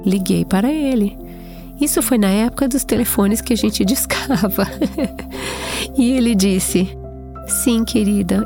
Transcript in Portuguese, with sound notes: Liguei para ele... isso foi na época dos telefones que a gente discava. (risos) E ele disse: “Sim, querida.